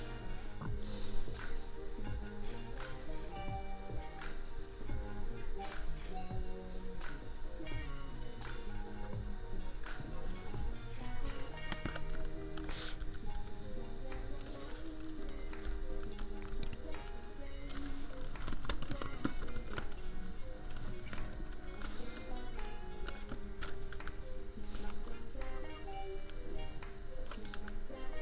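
Keyboard tapping clicks along over lofi beats, with sharp taps scattered irregularly through the whole stretch. The music's mellow, wandering melody lines stay steady in level throughout, while a constant low laptop fan hum sits underneath everything.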